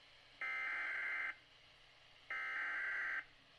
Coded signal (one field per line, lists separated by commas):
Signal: Emergency Alert System (SAME) tones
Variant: header bursts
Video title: (EAS #37) Severe Thunderstorm Warning 6-28-19